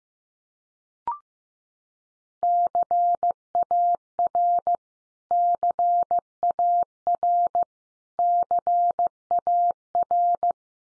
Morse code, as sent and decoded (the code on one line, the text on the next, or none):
-.-. .- .-. / -.-. .- .-. / -.-. .- .-.
CAR CAR CAR